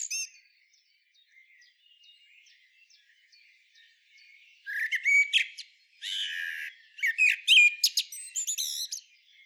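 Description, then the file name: Common blackbird with soft, scattered faint chirps at first, then loud bursts of high, squeaky twittering and sharp whistled notes in the second half. "Turdus merula"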